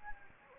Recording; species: mosquito wingbeat signal from an infrared sensor; Anopheles gambiae